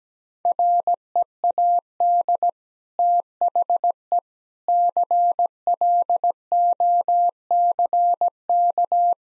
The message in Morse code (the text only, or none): READ THE CLOCK